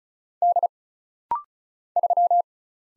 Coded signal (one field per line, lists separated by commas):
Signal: Morse code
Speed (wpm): 35 wpm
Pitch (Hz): 700 Hz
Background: none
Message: D 3